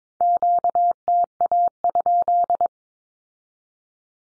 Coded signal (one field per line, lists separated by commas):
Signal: Morse code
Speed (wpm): 22 wpm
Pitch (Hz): 700 Hz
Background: none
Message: QTA?